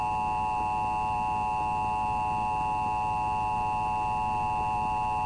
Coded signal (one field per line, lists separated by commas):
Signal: Emergency Alert System (SAME) tones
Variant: 853 and 960 Hz attention tone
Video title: EAS Mock #39 | 8/8/1995: “Macro Test”